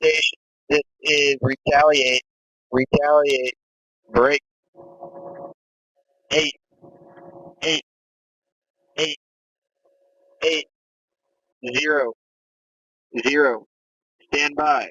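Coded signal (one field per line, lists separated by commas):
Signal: coded military voice message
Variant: HFGCS, callsign Retaliate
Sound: voice calls all stations, repeats Retaliate twice, then reads digits with pauses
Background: faint radio hum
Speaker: so you can imagine my shock on the afternoon of November 18th 2022 when I was browsing a 4chan Thread about emergency action messages and somebody uploaded this recording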